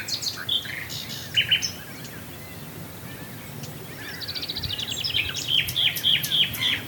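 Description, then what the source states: Common nightingale singing short sharp notes, then a fast pulsed trill followed by emphatic repeated chirps, with quiet background noise between phrases. Swale.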